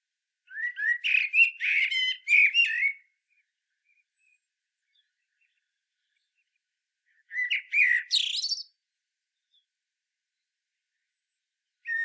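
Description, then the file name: Common blackbird song: a rich warbled phrase, then silence, then a shorter twittering phrase ending in high squeaky notes, and a brief note at the very end. "Turdus merula"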